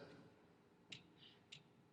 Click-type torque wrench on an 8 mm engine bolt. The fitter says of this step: clicking mm-hmm that's to say you're tight enough oh really okay